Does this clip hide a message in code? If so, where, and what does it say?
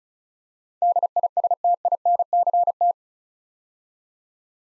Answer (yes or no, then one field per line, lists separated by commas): yes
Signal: Morse code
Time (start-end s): 0.8-2.9 s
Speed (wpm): 36 wpm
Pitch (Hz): 700 Hz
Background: none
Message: DISTINCT